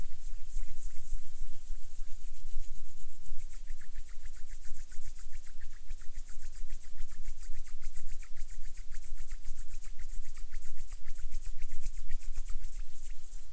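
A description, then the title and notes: Hands rub and pat over a constant bed of white noise, with a hissing top end and a deep low rumble. From about three seconds in, quick, regular scratchy strokes repeat steadily to the end, fairly even in loudness. HAND SOUNDS ASMR NO TALKING, WHITE NOISE FOR SLEEPING, HAND SOUNDS WITH WHITE NOISE.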